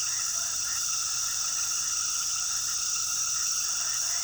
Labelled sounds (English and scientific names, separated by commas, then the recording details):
none
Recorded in pastures near Puerto Asís, Putumayo, Colombia, on 19 February 2024 at 21:30
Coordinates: 0.466, -76.323
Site G6384